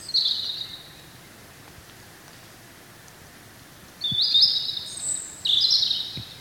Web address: chant xeno-canto rougegorge familier